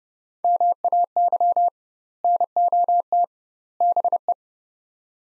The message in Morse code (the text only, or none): MAY NOT BE